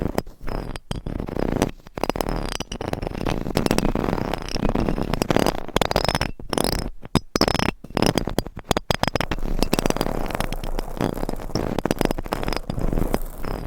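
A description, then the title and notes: Claws scratch and scrape across a microphone in rough, dense bursts, broken by several abrupt silences around the second, seventh and ninth seconds. The scraping is gritty, with a low rumbling thump underneath and a crackly, static-like texture throughout. Mic Scratching with 8 Mics & Claws. No Talking.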